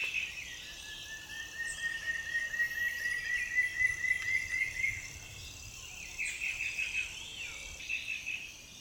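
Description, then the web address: Antshrike singing a run of quick whistled notes that climbs gradually in pitch for several seconds, with brief higher chirps afterwards and steady insect buzzing throughout. "sound Frederickena. صدای-پرنده-فردریکنا"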